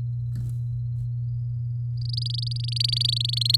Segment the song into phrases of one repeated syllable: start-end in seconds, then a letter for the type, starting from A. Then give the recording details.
1.94-3.56 A. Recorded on 8 May 2018 at 10:09. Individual llb16